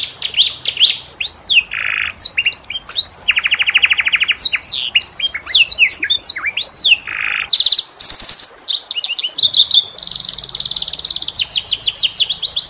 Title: Kenari Gacor Cengkok Terbaik Isian Paling Mewah